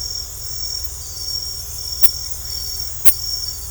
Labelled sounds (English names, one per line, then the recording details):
none
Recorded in secondary vegetation near Puerto Asís, Putumayo, Colombia, on 18 December 2024 at 22:00
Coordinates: 0.468, -76.324
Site G095